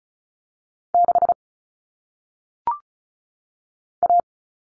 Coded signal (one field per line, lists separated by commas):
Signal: Morse code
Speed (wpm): 36 wpm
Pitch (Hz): 700 Hz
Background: none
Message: 6 A